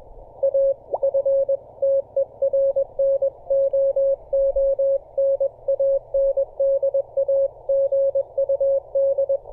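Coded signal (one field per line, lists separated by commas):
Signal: Morse code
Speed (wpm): 21 wpm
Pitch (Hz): 560 Hz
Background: none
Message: AFTERNOON AND A GUD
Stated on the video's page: 30m band operation on a home-built delta loop antenna with a 4:1 balun.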